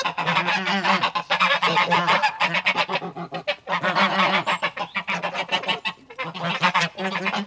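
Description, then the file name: Goose: many geese honking together, loud nasal calls in busy runs broken by short lulls, the chatter rising and falling throughout. Geese indoors. "Digiffects Sound Effects Library - Geese Indoors"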